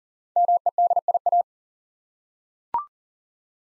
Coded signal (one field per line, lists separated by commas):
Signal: Morse code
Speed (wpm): 41 wpm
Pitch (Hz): 700 Hz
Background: none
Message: MEDIA